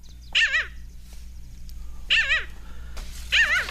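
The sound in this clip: Parasitic jaeger calls: three wavering, wailing notes, spaced one to two seconds apart, over a faint low hum.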